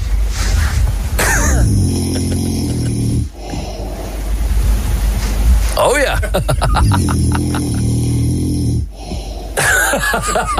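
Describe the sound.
A man's gentle snoring recorded at night: long, soft, low rasping breaths with brief pauses between them, repeating steadily, while a voice briefly murmurs over it.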